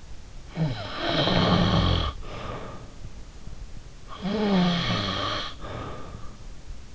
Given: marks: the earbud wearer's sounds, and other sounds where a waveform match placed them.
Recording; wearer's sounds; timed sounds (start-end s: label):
sounds in sleep by an in-ear microphone; snoring breath
0.42-2.93 s: snoring breath
4.06-6.42 s: snoring breath